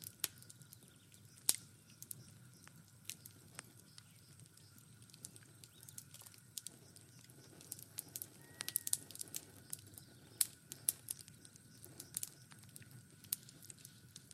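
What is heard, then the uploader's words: A fireplace burns with frequent sharp crackles and pops scattered irregularly over a low, steady rumble and a faint constant whine. Relaxing Fireplace Sounds - Burning Fireplace & Crackling Fire Sounds.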